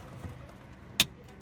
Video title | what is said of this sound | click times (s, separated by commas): [Project Citroen Xsara Picasso 2.0 HDI] #8 - It's about time... end of the project | As we pull the lever, the connector clicks into place. | 1.0 s